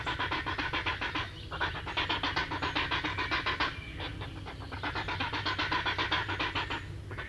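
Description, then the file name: Grey heron giving harsh, rapid ticking notes, about three to four per second, in long runs with a short break near the middle, over a low steady rumble. "Grey Heron (Ardea cinerea)"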